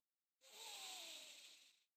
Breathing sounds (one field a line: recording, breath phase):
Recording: one breath near a microphone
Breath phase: inhalation